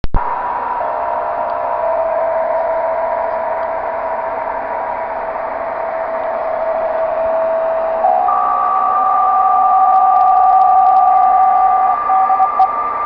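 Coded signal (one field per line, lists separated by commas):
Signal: PSK63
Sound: two steady warbling narrow tones, with a third tone appearing later, over shortwave hiss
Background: radio static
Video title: Tecsun PL 660: Decoding PSK63 on 21.070 LZ1KAA Radio Club, Bulgaria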